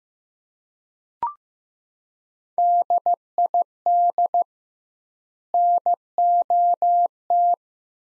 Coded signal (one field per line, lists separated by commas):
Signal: Morse code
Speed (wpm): 15 wpm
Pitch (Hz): 700 Hz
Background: none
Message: DID NOT